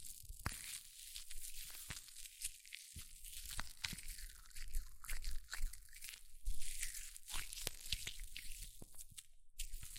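Hair mousse fizzes and crackles in a dense, bright hiss, with frequent sharp crunchy pops and low thumps scattered throughout.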